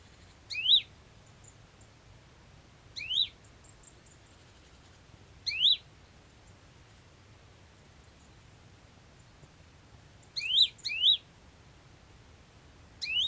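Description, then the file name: Great tit calls: short sharp upslurred notes, single or paired, spaced irregularly every few seconds over faint low background rumble. "Parus major"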